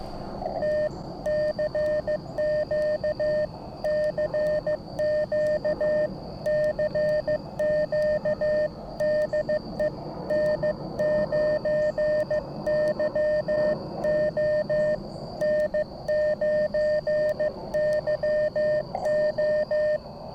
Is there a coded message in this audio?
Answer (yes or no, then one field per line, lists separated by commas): yes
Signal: Morse code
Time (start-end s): 0.6-20.0 s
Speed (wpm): 15 wpm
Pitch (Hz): 610 Hz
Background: none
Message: T CQ CQ CQ DE N9YO N9YO